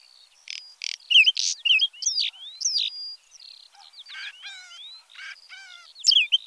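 Whinchat song, a varied rush of scratchy buzzes and sharp whistled slurs, phrases tumbling quickly one after another over about six seconds.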